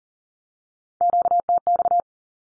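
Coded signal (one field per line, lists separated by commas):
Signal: Morse code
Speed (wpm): 40 wpm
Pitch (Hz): 700 Hz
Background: none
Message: QTX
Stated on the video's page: Morse Q-code drill at 40wpm, each code sent, then spoken, then sent again.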